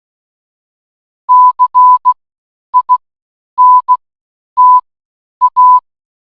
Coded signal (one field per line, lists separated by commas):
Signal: Morse code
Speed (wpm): 16 wpm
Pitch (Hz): 1000 Hz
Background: none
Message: CINTA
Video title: Converter Teks to Morse Code Online